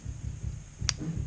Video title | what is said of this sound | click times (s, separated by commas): Master Class - P.A. Setup with Shahin | listen listen for the click i | 0.9 s